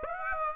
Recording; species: mosquito wingbeat signal from an infrared sensor; Aedes aegypti